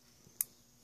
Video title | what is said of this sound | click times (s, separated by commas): Cushion replacement procedure for sony mdr-xb700 | can hear it snap it in place | 0.4 s